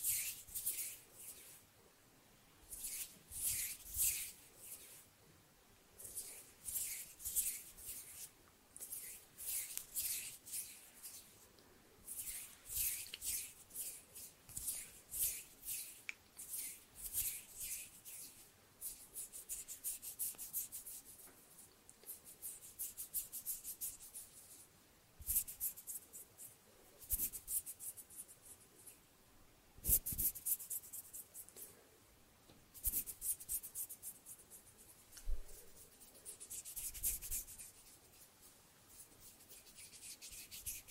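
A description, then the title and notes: Hands move around a microphone, making bursts of dry, hissy rubbing and rapid fluttering that come and go every second or two. A few sharp snaps cut through, the loudest near the thirty-second mark. ASMR HAND SOUNDS, SNAPPING and FINGER FLUTTERING around the mic NO TALKING.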